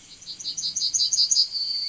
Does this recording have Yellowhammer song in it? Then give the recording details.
yes. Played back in forest. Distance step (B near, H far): C. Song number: 136